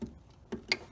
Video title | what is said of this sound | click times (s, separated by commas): Subaru Crosstrek XV Headllight Bulb Replacement in less than 5 minutes | And I'm just putting on the socket. And you're gonna hear the click when I push it on. | 0.7 s